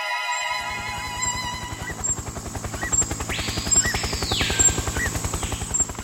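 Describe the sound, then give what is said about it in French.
A helicopter's rotor beats in a steady, rapid thump that grows louder over a few seconds, with a high whining tone, faint bird chirps and a wash of wind in leaves, over the Johnstone camp in the jungle on 20 November 1978. “Un battement d'ailes métalliques, quelques oiseaux et le son du vent dans les feuilles, c'est tout.”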